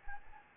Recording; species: mosquito wingbeat signal from an infrared sensor; Anopheles gambiae